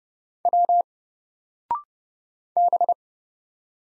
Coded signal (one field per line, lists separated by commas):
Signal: Morse code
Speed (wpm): 30 wpm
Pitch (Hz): 700 Hz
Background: none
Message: W B